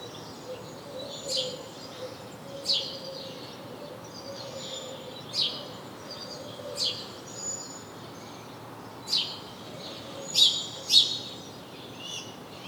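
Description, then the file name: House sparrow chirping, scattered short high notes, some paired, spaced irregularly throughout against low steady background noise. "Passer domesticus"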